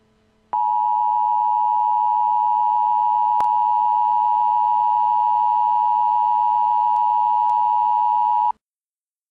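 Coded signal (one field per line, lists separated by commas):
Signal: Emergency Alert System (SAME) tones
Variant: 853 and 960 Hz attention tone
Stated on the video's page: Fictional zombie-outbreak EAS scenario, a recreation rather than a real alert.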